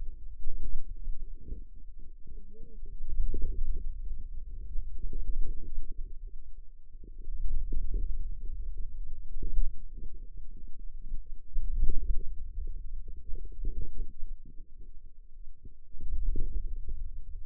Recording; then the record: forearm muscle sounds (acoustic myography)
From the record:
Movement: hand closing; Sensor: system 2, bracelet of six BSWA MPA416 microphones around the upper forearm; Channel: 5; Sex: female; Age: 21 years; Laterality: right